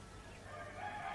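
rooster crowing

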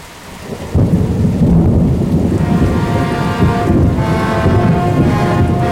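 heavy rain falling

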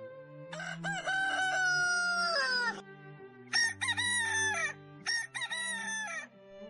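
rooster crowing

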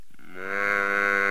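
cow mooing

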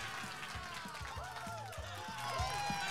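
applause sound effect

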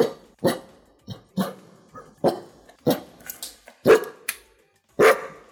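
dog barking

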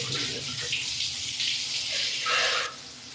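running shower water

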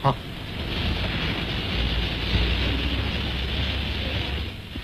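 locomotive releasing steam

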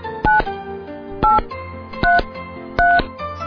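telephone dialing tones

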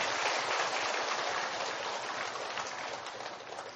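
audience applause

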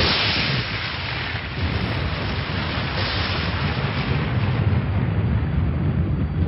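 deep rumbling thunder

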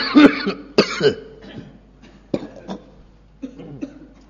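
coughing

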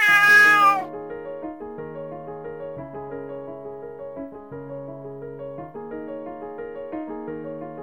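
cat meowing

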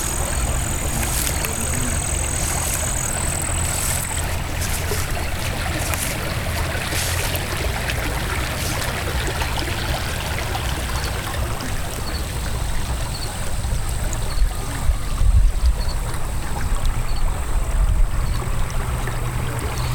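waterfall

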